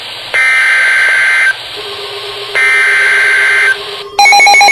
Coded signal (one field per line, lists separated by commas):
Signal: Emergency Alert System (SAME) tones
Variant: header bursts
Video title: EAS Alert #19 - Severe Thunderstorm Warning 5/12/14